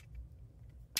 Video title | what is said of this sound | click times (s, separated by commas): Talk a-Bot review 005: Studio Series 86 Voyager class IRONHIDE!!! | bring that in you'll hear a nice click | 1.0 s